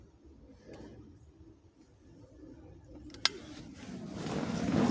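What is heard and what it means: While a replacement leather-wrapped steering wheel is fitted to a 2009 Chevy Cobalt, the wheel's wiring connector is pressed into its mating plug on the steering column harness. A faint rustle builds to a single sharp click at 3.2 seconds, and a rising low rumble fills the last second. The connector clicks down and is seated.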